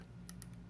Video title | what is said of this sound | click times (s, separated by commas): Cyberverse Warrior Optimus Prime (2nd Ed) - ArcNeo Reviews | so that it uh locks into place | 0.3 s